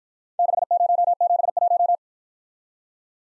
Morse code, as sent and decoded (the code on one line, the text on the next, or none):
-.... ----- --... .----
6071